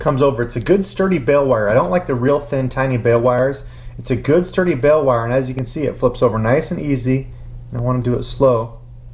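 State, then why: Not seated. A man talks throughout while the sturdy metal bail wire of a spinning fishing reel is slowly flipped over by hand, moving easily. The bail has not yet snapped into position, and nothing has clicked yet.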